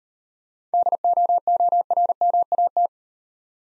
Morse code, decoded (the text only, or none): DOORMAT